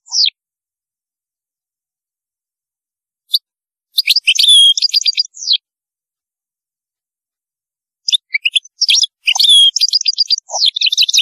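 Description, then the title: European goldfinch song: two bursts of rapid, liquid, tinkling twittering, separated by a few seconds of silence. "Chant Chardonneret"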